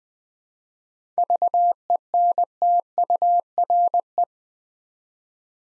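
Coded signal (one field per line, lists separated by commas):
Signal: Morse code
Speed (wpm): 20 wpm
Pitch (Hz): 700 Hz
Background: none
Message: VENTURE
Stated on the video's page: Morse practice at 20 wpm: seven-letter words for head-copy, each sent twice with spoken hints between.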